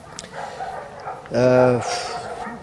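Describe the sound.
A dog lets out one loud, drawn-out bark with a tonal, slightly whining edge, preceded and followed by a low murmur of background voices and noise.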